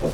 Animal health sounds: pig call; piglet (1 to 25 days)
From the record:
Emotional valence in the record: positive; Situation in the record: reunion after long isolation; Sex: female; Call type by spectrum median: low-frequency call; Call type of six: low-frequency tonal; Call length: 0.13 s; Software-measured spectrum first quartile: 182 Hz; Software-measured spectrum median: 405 Hz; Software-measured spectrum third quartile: 649 Hz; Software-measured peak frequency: 520 Hz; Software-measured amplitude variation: 124 dB a second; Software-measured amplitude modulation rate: 11.3 a second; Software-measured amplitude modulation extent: 11.0 dB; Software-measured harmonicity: 0.5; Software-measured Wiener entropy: -0.77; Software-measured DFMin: 1050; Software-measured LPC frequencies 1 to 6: 504, 2564, 3647, 4664, 5554, 6287 Hz

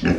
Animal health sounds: pig call; growing-finishing pig (85 days or more)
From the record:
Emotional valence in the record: negative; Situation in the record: barren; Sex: female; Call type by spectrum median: low-frequency call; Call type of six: low-frequency tonal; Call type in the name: low-frequency modulated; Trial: 2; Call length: 0.19 s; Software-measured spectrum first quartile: 214 Hz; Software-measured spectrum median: 375 Hz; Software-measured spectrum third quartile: 1206 Hz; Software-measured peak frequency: 252 Hz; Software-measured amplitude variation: 145 dB a second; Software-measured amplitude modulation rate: 18.1 a second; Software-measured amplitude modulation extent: 8.0 dB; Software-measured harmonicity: 0.1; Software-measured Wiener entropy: -2.09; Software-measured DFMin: 1065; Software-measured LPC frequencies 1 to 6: 1631, 2669, 4411, 5198, 6357, 7434 Hz

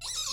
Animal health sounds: pig call; weaner (32 to 43 days)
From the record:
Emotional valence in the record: negative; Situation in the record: long isolation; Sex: female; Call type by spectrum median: high-frequency call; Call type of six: high-frequency stable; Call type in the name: high-frequency stable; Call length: 0.34 s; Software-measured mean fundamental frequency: 462 Hz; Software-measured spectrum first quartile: 3877 Hz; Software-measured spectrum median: 5234 Hz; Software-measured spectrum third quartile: 6898 Hz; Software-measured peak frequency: 3765 Hz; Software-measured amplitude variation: 109 dB a second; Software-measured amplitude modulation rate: 19.2 a second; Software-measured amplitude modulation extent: 5.6 dB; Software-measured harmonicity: 5.0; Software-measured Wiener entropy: -2.39

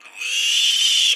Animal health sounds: pig call; piglet (1 to 25 days)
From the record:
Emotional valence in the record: negative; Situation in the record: restrain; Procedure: in the arms of a person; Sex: male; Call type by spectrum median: high-frequency call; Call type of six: high-frequency modulated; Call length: 1.16 s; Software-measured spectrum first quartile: 3026 Hz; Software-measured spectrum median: 3522 Hz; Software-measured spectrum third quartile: 5726 Hz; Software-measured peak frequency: 3063 Hz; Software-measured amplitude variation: 108 dB a second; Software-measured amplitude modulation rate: 26.3 a second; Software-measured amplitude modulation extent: 4.1 dB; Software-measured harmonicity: 5.3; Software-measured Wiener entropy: -3.13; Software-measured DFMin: 1443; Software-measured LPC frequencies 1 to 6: 3007, 3426, 4581, 5811, 7506, 8891 Hz

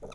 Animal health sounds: pig call; piglet (1 to 25 days)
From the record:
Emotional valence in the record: negative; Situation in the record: long isolation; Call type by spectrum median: low-frequency call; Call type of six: mixed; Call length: 0.15 s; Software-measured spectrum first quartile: 276 Hz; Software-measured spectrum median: 561 Hz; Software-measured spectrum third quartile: 1421 Hz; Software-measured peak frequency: 456 Hz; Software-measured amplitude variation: 121 dB a second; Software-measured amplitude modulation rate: 19.9 a second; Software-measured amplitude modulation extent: 6.1 dB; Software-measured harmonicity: 1.4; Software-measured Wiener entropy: -1.51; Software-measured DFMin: 1046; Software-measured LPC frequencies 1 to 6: 530, 1252, 2487, 3631, 3901, 5048 Hz

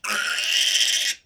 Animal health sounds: pig call; piglet (1 to 25 days)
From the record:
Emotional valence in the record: negative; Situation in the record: restrain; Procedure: back test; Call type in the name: high-frequency call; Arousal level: low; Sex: female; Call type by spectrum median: high-frequency call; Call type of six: high-frequency stable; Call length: 1.26 s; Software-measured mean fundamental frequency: 253 Hz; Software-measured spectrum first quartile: 2721 Hz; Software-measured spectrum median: 3628 Hz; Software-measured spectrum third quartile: 5930 Hz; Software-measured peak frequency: 3117 Hz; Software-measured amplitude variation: 165 dB a second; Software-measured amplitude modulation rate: 23.8 a second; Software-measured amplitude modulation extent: 6.9 dB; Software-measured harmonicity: 2.5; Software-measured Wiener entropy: -1.94

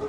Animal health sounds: pig call; growing-finishing pig (85 days or more)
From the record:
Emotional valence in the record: positive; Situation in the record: run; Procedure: transit

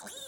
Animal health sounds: pig call; piglet (1 to 25 days)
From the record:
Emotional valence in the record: negative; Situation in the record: long isolation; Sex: male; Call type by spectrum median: high-frequency call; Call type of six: mixed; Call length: 0.28 s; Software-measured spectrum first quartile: 2189 Hz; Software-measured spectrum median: 4457 Hz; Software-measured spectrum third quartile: 8487 Hz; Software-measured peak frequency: 3639 Hz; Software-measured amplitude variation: 106 dB a second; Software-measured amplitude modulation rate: 12.6 a second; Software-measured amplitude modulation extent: 8.4 dB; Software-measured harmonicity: 4.1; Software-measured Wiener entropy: -2.18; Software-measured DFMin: 1020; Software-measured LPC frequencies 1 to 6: 661, 1580, 3683, 4765, 6334, 7235 Hz

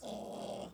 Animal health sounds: pig call; piglet (1 to 25 days)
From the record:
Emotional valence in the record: negative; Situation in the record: restrain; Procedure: sham castration, cut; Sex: male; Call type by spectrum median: low-frequency call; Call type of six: low-frequency stable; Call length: 0.74 s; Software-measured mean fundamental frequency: 67 Hz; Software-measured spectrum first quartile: 454 Hz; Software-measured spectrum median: 692 Hz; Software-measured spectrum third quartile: 1977 Hz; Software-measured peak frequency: 596 Hz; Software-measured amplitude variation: 126 dB a second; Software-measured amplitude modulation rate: 31.8 a second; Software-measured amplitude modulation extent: 4.0 dB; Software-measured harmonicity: 1.3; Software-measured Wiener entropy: -2.54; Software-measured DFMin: 913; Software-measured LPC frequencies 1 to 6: 622, 3352, 4830, 5616, 6360, 7539 Hz

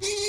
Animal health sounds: pig call; weaner (32 to 43 days)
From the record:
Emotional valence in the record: negative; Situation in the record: novel object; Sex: female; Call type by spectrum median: high-frequency call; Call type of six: high-frequency stable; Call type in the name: high-frequency stable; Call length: 0.29 s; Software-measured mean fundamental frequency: 392 Hz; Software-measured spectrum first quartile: 618 Hz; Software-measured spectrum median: 2773 Hz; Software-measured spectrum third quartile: 5516 Hz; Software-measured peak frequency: 405 Hz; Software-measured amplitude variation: 59 dB a second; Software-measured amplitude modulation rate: 17.3 a second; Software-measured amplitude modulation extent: 3.4 dB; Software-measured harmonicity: 6.0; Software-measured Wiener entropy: -2.35

